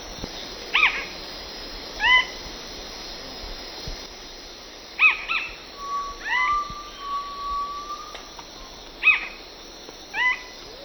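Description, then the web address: Plain-crowned spinetail song: short harmonic notes repeated at irregular intervals, with a long level whistle midway. Eastern lowlands of South America. "Natures Songs S America Eastern Lowlands. Plain-crowned Spinetail"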